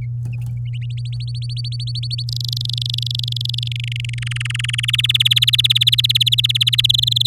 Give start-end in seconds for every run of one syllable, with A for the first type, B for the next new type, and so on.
0.90-2.23 A, 2.28-3.68 B, 3.71-4.19 C, 4.22-4.96 D, 4.98-6.86 E, 6.89-7.27 F